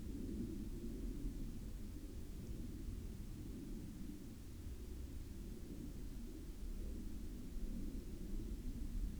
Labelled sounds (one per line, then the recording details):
aircraft
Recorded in the Arctic National Wildlife Refuge, Alaska, on 13 May 2019 at 01:25
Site 37